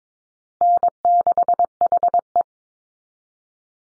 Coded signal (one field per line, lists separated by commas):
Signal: Morse code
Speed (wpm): 22 wpm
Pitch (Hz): 700 Hz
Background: none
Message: N6HE